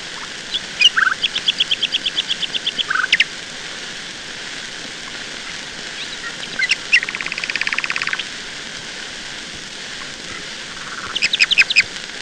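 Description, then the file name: Nightingale song: a long evenly repeated series of sharp notes, a later buzzy rattling phrase, and a closing burst of quick notes, over faint hiss. "Solovei"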